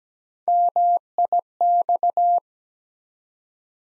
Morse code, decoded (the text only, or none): MIX